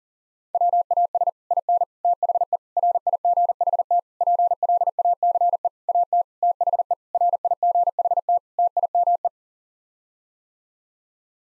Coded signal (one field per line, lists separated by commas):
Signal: Morse code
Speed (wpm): 40 wpm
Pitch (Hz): 700 Hz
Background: none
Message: WAS IN THE RIGHT PLACE AT THE RIGHT TIME